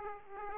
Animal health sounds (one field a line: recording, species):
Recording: mosquito wingbeat signal from an infrared sensor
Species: Aedes aegypti